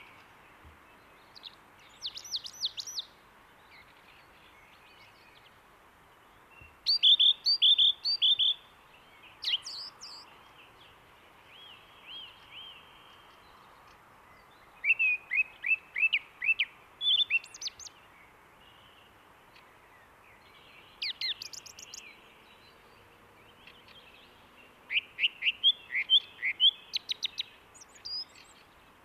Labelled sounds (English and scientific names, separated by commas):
Song Thrush (Turdus philomelos) song